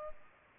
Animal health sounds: mosquito wingbeat signal from an infrared sensor; Culex pipiens

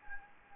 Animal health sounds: mosquito wingbeat signal from an infrared sensor; Anopheles gambiae

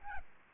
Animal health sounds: mosquito wingbeat signal from an infrared sensor; Aedes albopictus

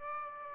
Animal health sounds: mosquito wingbeat signal from an infrared sensor; Aedes aegypti

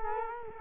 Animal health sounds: mosquito wingbeat signal from an infrared sensor; Culex quinquefasciatus

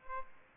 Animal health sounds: mosquito wingbeat signal from an infrared sensor; Aedes albopictus

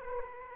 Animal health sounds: mosquito wingbeat signal from an infrared sensor; Aedes aegypti

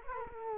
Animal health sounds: mosquito wingbeat signal from an infrared sensor; Culex quinquefasciatus

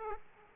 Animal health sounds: mosquito wingbeat signal from an infrared sensor; Aedes aegypti

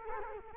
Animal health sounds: mosquito wingbeat signal from an infrared sensor; Culex quinquefasciatus

